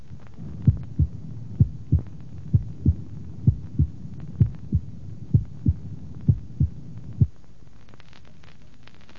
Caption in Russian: Нормальные тоны сердца.